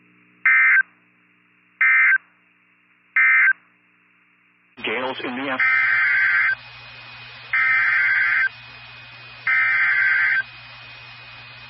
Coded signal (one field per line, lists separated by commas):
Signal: Emergency Alert System (SAME) tones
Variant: header bursts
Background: speech